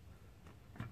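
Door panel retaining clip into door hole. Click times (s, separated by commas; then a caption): 0.5 s, 0.8 s. A plastic door panel retaining clip on a 1968–74 Chevelle is lined up with its hole in the steel door and gently pushed in. Two short clicks at 0.5 s and 0.8 s show it seated, over a low steady background rumble.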